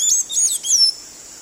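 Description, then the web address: Blue-gray tanager song: three quick, squeaky high slurred phrases in about one second. South America, eastern lowlands. "Natures Songs S America Eastern Lowlands. Blue-gray Tanager"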